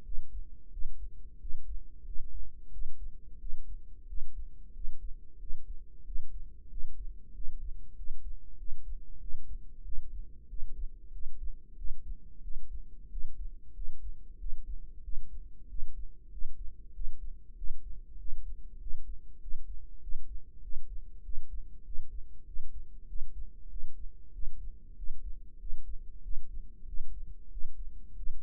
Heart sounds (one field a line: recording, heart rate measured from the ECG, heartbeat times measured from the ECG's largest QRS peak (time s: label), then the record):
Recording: heart sounds by microphone in the right ear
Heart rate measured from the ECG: 94 bpm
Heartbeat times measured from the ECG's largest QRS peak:
0.05 s: heartbeat
0.72 s: heartbeat
1.41 s: heartbeat
2.06 s: heartbeat
2.72 s: heartbeat
3.40 s: heartbeat
4.09 s: heartbeat
4.75 s: heartbeat
5.41 s: heartbeat
6.06 s: heartbeat
6.71 s: heartbeat
7.35 s: heartbeat
7.97 s: heartbeat
8.59 s: heartbeat
9.21 s: heartbeat
9.85 s: heartbeat
10.50 s: heartbeat
11.13 s: heartbeat
11.78 s: heartbeat
12.43 s: heartbeat
13.12 s: heartbeat
13.76 s: heartbeat
14.40 s: heartbeat
15.04 s: heartbeat
15.70 s: heartbeat
16.32 s: heartbeat
16.95 s: heartbeat
17.57 s: heartbeat
18.20 s: heartbeat
18.81 s: heartbeat
19.42 s: heartbeat
20.03 s: heartbeat
20.64 s: heartbeat
21.25 s: heartbeat
21.86 s: heartbeat
22.47 s: heartbeat
23.09 s: heartbeat
23.71 s: heartbeat
24.34 s: heartbeat
24.98 s: heartbeat
25.61 s: heartbeat
26.24 s: heartbeat
26.88 s: heartbeat
27.52 s: heartbeat
28.17 s: heartbeat
From the record:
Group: healthy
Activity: rest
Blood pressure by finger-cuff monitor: 154/76 mmHg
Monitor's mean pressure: 96 mmHg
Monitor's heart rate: 93 bpm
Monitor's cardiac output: 8.1 L/min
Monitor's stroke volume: 88 mL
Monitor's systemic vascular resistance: 880 dyn s/cm5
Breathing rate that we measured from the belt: 21 breaths a minute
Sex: male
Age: 21 years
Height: 175 cm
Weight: 72.6 kg